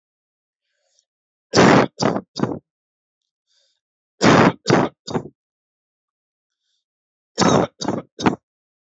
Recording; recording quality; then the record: heavy voluntary cough; excellent, no background noise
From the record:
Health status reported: healthy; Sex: male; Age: 22 years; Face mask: not worn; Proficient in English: yes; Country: India